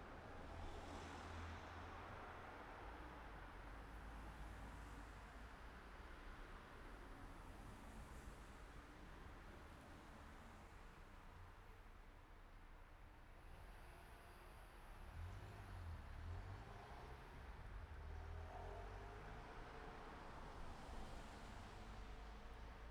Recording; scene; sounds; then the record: everyday scene through a hearing-aid microphone; in traffic; traffic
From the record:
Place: city secondary road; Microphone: behind the ear, right, rear